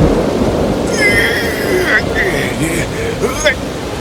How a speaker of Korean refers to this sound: 바람은 더욱 거세졌고 물은 더 차오르기 시작했어요.